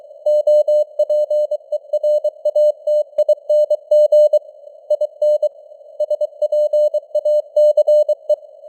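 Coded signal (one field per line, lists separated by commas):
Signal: Morse code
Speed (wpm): 23 wpm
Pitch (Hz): 600 Hz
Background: none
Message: OPERATING IN SPACE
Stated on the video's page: News headlines sent at 23 wpm with simulated radio noise and varying signal strength (QSB).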